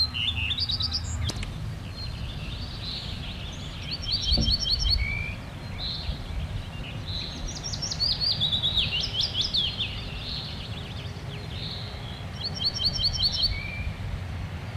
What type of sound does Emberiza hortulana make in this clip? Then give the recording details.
song. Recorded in the wild. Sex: male. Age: adult. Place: Schloß Holte-Stukenbrock, Senne, Nordrhein-Westfalen, DE. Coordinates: 51.8681, 8.67111. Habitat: edge of the woods. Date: 1964. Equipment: Uher 4000 Report-S, Bändchenmikro Beyer M 260, Parabolspiegel Polyester (470 mm). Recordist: Conrads, Klaus